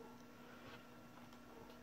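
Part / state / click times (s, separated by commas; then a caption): memory module into laptop SO-DIMM slot / not seated / none. A memory module is handled at the SO-DIMM slot of an HP EliteBook 8470p laptop. Only a steady low hum and faint, soft handling rustles are heard. The stick has not yet been pushed home, so nothing has seated or clicked yet.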